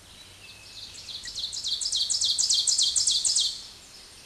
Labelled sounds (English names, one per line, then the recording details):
Ovenbird song
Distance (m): 5 m
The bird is about 5 m above the microphone
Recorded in a Pennsylvania forest on 16 May 2024 at 07:06
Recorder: AudioMoth, point MSD-0475
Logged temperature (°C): 12.3 °C
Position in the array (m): 147 m, 6 m